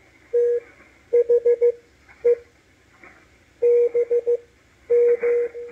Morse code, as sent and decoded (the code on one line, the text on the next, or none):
- .... . / -... --
THE BM